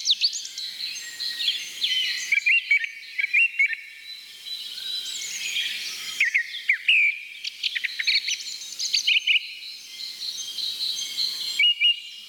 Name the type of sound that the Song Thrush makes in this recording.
song